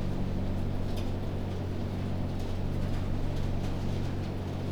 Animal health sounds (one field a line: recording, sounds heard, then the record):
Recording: poultry house recording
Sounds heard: no chicken sound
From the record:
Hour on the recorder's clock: 3